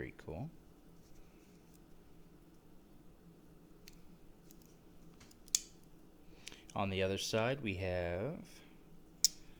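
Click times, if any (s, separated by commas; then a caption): 9.2 s. Someone talks while handling a metal-scaled Victorinox pocket knife, with a few faint clicks and a sharper tick at 5.5 s. The large flathead screwdriver is opened and snaps into its locked position at 90 degrees with one sharp click at 9.2 s, locking into place.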